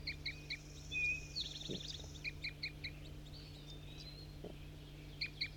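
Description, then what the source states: Crossbill calls: rapid high chips and a quick series of notes, a drawn-out gliding whistle, over a low steady hum. Bird 4-3 calling while four flock birds (one juvenile, three males) were caught in a net; three females and a red male loafing in a tree seemed to return in response.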